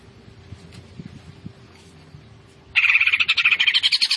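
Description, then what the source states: Greater green leafbird song: low background hum and faint clicks, then a loud, rapid, buzzy chattering series bursting in for the last second and a half. Greater green leafbird singing vigorously (gacor).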